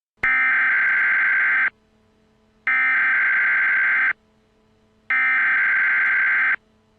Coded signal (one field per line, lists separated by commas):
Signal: Emergency Alert System (SAME) tones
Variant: header bursts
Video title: EAS Scenario- The Trembling Thunder